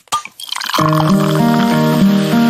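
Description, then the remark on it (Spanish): A bottle cap pops off a Cusqueña beer bottle with a quick sharp crack, then beer pours steadily in a gurgling stream whose tone climbs as the glass fills, with no voices. “Puede que sea destapando una cosqueña y dejándote sorprender por lo más simple de las cosas.”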